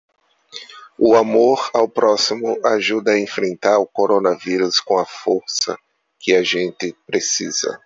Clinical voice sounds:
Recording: spoken sentence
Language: Brazilian Portuguese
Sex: male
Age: 30 to 39 years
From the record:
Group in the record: control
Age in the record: 34 years

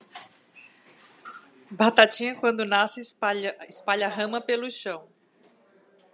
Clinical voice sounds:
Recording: short text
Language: Brazilian Portuguese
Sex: female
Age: 50 to 59 years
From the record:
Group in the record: control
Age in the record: 51 years

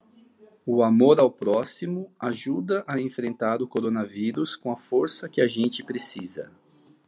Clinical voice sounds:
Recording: spoken sentence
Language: Brazilian Portuguese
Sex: male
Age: 40 to 49 years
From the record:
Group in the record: control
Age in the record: 48 years

